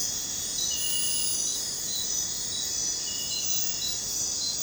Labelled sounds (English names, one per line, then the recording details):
none
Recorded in dense forest near Puerto Asís, Putumayo, Colombia, on 21 December 2024 at 01:00
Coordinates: 0.466, -76.327
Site G075